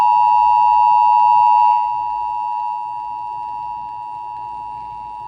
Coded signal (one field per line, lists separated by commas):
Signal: Emergency Alert System (SAME) tones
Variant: 853 and 960 Hz attention tone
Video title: Fire-Tor: An EAS Scenario - Inspired By ElectricFanatic's Meteor-X Scenario